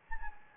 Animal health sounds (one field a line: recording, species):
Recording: mosquito wingbeat signal from an infrared sensor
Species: Anopheles gambiae